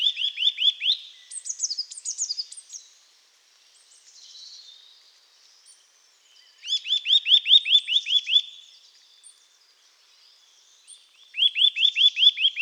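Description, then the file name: Eurasian nuthatch, three bursts of rapid rising whistled notes, with fainter, higher notes after the first burst. "Sitta europaea"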